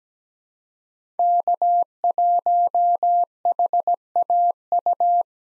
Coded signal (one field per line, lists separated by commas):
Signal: Morse code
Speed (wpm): 17 wpm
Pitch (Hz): 700 Hz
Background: none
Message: K1HAU